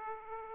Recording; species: mosquito wingbeat signal from an infrared sensor; Aedes aegypti